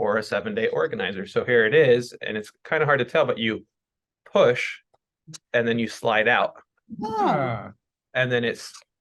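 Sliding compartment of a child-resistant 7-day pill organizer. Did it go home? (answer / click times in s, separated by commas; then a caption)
no / none. Someone talks while handling the sliding compartment of a child-resistant plastic 7-day pill organizer, pushing it and sliding it out, then sliding it back toward closed. It is designed to click back into place so it stays shut when shaken, but nothing has seated or clicked yet by the end of the clip.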